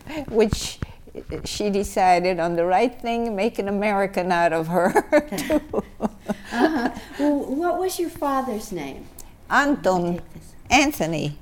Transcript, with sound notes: which she decided on the right thing, make an American out of her. [Laughs]
Uh-huh. What was your father's name?
Antony. Anthony.